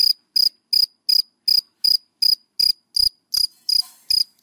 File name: Tieng de men de com de than keu